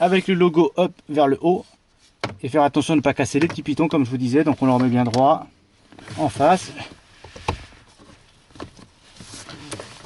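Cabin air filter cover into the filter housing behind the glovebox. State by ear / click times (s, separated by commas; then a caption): seated / 9.7 s. Someone talks while the plastic cabin air filter cover of a Mazda RX-8 is lined up straight in front of the filter housing behind the glovebox and pushed in. A few faint knocks follow, then the first side of the cover clips home with a sharp snap at 9.7 s, seated in the housing.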